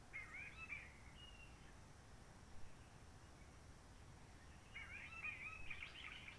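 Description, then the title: Réunion bulbul singing two warbled, whistled phrases, one opening and one near the end, with quiet low noise between them. Roche Merveilleuse forest, Réunion; quiet since the 19 March 2020 lockdown, no hikers, microlights or helicopters; sunny blue-sky weather; birds not very active; song simpler, short phrases, adapted to past noise pollution. "Roche Merveilleuse, Réunion - Merle de lîle de la Réunion."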